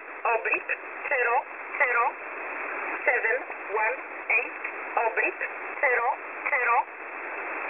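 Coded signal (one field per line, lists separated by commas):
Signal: numbers station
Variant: E11 Oblique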